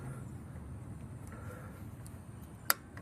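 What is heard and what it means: A second steel bolt on an F150 truck wheel bearing assembly is tightened with a Hercules click-type torque wrench from Harbor Freight, set to 27 foot-pounds. Low, steady rumble and a few faint ticks lead up to one sharp click at 2.7 s as the wrench reaches its setting. The bolt is confirmed torqued.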